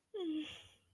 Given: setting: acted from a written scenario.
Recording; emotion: vocal sound without words; distress